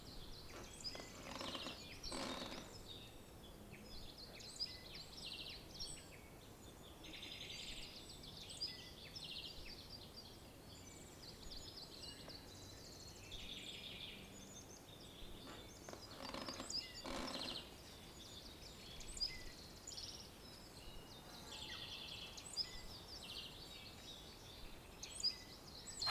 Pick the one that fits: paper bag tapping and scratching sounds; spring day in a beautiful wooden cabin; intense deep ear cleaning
spring day in a beautiful wooden cabin